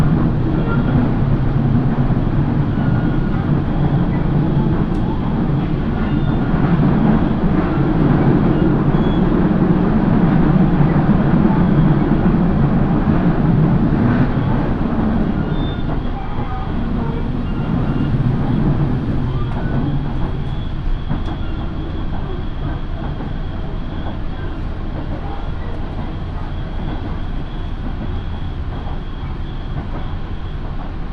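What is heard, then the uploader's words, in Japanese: A local train on the Minobu Line rumbles steadily along, its low drone swelling around ten seconds, then easing to a quieter hum. 身延線 富士→芝川。身延線を各駅停車で乗り通します。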